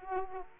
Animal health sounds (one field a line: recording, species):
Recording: mosquito wingbeat signal from an infrared sensor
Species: Culex quinquefasciatus